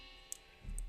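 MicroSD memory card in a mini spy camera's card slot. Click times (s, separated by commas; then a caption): 0.3 s, 0.8 s. An old microSD memory card in the push-push card slot of an X10 A9 Pro mini spy camera is pushed slightly inward with a fingertip. Sharp clicks sound at 0.3 s and 0.8 s over a quiet background, with a low rumble from about 0.65 s. The slot releases the card and it comes out.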